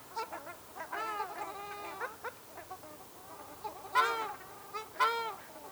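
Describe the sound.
Ruddy shelduck giving nasal honks, softer scattered notes early, then two loud arched calls near the end.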